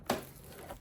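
The vacuum hose (or pipe) of a Bissell Cleanview Swivel Pet Plus vacuum cleaner is clipped onto its plastic handle during assembly. A sharp click at 0.1 s seats it, followed by quieter handling knocks near 0.7 s and 0.8 s.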